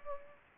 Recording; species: mosquito wingbeat signal from an infrared sensor; Anopheles gambiae